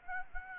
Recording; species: mosquito wingbeat signal from an infrared sensor; Aedes aegypti